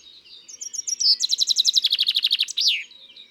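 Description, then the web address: Common chaffinch song: a bright run of high notes, then a descending trill ending with a sharp flourish. "le-pinson-des-arbres cuicui-et-compagnie"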